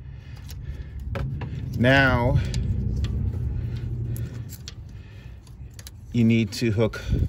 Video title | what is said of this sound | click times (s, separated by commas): S-VCM Controller installation on 2007 Honda Odyssey (VCM Delete) | do it till they push it down to you hear a click | 1.2 s